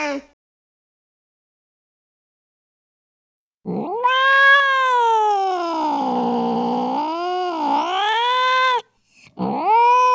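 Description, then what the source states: Cat moans a long, low yowl that dips and rises several times, then gives a short, rising yowl after a brief break. Cat fight with yowls.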